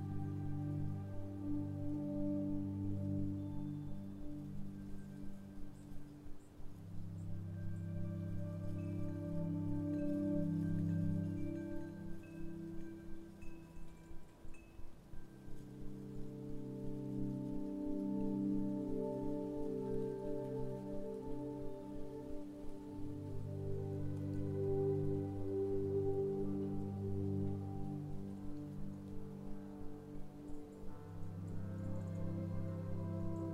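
Chimes ring in long, overlapping low tones that swell and fade in slow waves, dipping near six, fifteen and twenty-three seconds. A steady patter like light rain runs underneath, with faint brighter tones drifting above.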